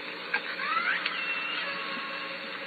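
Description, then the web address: Killer whale call, a single smooth upward-sweeping tonal squeal lasting under a second, with a couple of short clicks against constant underwater hiss. Southern Resident killer whales, calls recorded at Lime Kiln in June, from a call catalog. "SRKW call-catalog Orca Calls Lime Kiln June"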